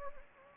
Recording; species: mosquito wingbeat signal from an infrared sensor; Anopheles gambiae